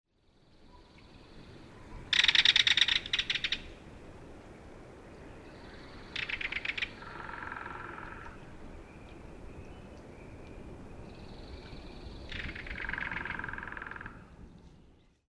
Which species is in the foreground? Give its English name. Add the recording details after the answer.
Belted Kingfisher. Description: Belted Kingfisher rattle call recorded at the Beaver Ponds in Rocky Mountain National Park. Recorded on 30 May 2017